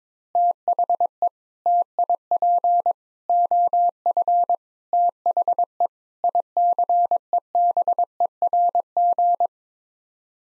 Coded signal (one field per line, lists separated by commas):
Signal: Morse code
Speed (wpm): 22 wpm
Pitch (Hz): 700 Hz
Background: none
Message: THE TIP OF THE ICEBERG